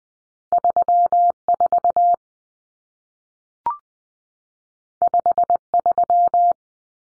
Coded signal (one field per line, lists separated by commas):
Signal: Morse code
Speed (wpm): 20 wpm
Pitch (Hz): 700 Hz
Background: none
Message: 3 4 5 3